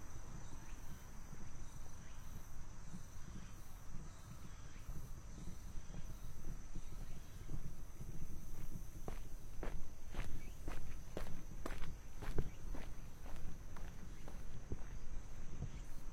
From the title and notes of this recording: 27℃ 多云天的午间散步. Noon Break Walking On A Cloudy Day.